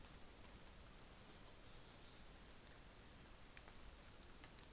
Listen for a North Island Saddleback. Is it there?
no